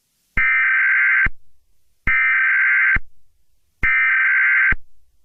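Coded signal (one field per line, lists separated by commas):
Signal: Emergency Alert System (SAME) tones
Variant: header bursts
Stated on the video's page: Fictional Emergency Alert System scenario about a fire in Chicago, not a real alert.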